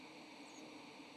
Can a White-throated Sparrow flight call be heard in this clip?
no